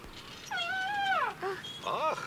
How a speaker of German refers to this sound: Ach, hört ihr das an? Der Elefant, der flötet auch. Oh, ja süß, der kleine Elefant, der schreit sicher nach seiner Mutter.